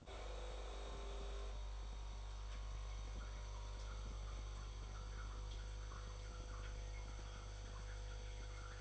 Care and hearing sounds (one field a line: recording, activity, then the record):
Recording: daily activity, microphone in the room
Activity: make coffee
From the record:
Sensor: 5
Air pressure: 1004.4 hPa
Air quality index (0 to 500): 171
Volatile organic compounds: 4 ppm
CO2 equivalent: 1612 ppm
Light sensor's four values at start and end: 38/118/44/45 and 38/118/44/45